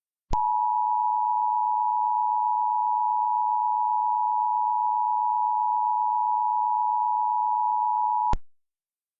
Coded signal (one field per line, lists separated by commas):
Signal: Emergency Alert System (SAME) tones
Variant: 853 and 960 Hz attention tone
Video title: Early BMH PQR Tornado Warning - EAS Recreation